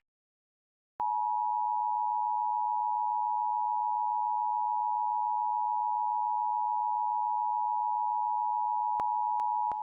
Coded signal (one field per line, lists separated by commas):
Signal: Emergency Alert System (SAME) tones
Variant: 853 and 960 Hz attention tone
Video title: IP - Required WEEKLY Test - NO EAS